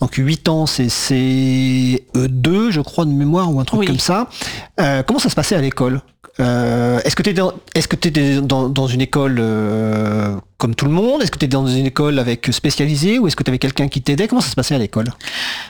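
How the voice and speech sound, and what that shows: A man asks questions about school in clear French with a steady mid-pitched voice, ordinary pauses and a few brief hesitations and restarts.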